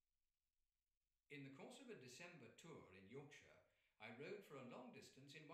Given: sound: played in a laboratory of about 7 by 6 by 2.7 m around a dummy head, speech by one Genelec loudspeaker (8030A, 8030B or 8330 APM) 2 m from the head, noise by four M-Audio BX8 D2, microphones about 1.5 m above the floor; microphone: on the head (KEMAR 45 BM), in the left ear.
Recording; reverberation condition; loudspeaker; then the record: male speech in English; medium; in front (0 degrees)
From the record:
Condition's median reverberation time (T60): about 510 ms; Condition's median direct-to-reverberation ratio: about -0.5 dB